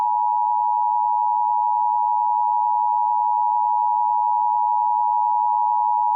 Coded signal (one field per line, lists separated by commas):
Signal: Emergency Alert System (SAME) tones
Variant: 853 and 960 Hz attention tone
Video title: EAS 5 Minutes Alert Test